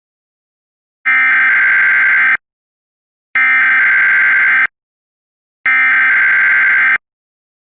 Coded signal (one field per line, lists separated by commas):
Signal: Emergency Alert System (SAME) tones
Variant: header bursts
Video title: EAS Scenario: The Gulf of Mexico Mega Tsunami